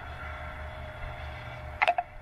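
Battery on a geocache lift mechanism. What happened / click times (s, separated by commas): The lift mechanism clicked at the top of its travel / 1.8 s, 1.9 s, 2.0 s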